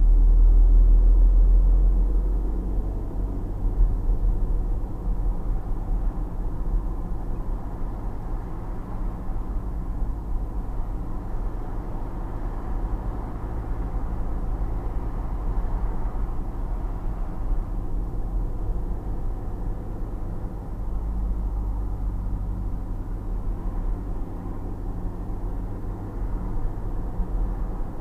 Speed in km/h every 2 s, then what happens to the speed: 29, 33, 37, 38, 38, 38, 38, 40, 38, 38, 38, 37, 35, 37.
0-6 speeds up to 38. 6-28 steady at about 38.